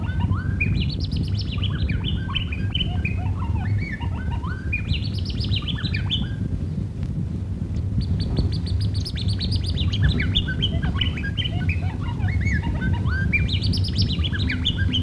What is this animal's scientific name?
Euodice cantans